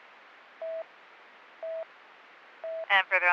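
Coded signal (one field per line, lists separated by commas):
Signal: none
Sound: radio channel beeps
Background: speech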